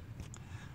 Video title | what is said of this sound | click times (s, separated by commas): How to replace the wheel speed abs sensors on 2013 Lincoln MKS | Let's push that in until it clicks. | 0.3 s